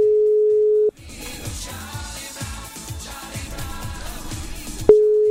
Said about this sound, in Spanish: Intentando llamada de WhatsApp con ganador o ganadora de hoy, que no estaría contestando, ¿eh? No estaría contestando la llamada de WhatsApp